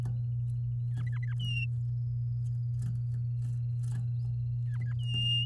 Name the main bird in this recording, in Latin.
Serinus canaria